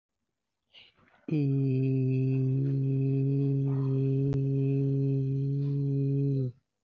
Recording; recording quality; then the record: sustained vowel as in beet; excellent, no background noise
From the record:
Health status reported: COVID-19 positive, mild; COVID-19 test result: positive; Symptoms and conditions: cough, sore throat, fever, pneumonia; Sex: male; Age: 32 years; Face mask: not worn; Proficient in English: yes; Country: India